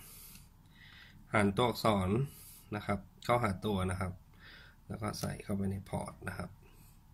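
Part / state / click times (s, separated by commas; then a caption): micro SD card into dash camera card slot / not seated / none. Someone talks while a micro SD card, its lettered side turned toward the body of a PROOF PF320 dash camera, is slid into the card slot on top of the camera, to be pushed in with a fingernail until it latches with one click. Nothing has seated or clicked yet in this clip.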